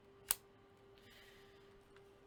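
The second half of a game controller is slid onto the controller grip and snaps into place with a single sharp click at 0.3 s. Two faint ticks follow, near 1.0 s and 2.0 s, over a steady low hum, and the half is seated on the grip.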